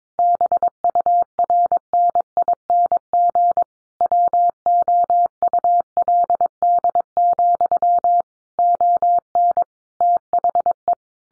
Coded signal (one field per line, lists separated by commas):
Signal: Morse code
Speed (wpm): 22 wpm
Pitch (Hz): 700 Hz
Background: none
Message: BURNING WOULD, ON THE